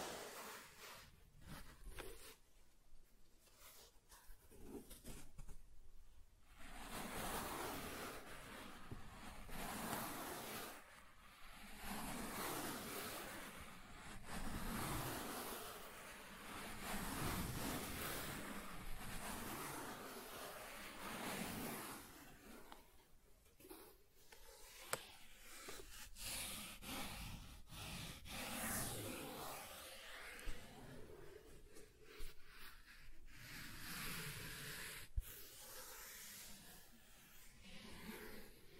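Soft tracing across smooth and rough surfaces produces a continuous brushing hiss that swells and fades in long strokes. Gentle rubbing dominates, with brief quiet gaps around 6, 24 and 31 seconds and a couple of tiny clicks near 25 and 35 seconds.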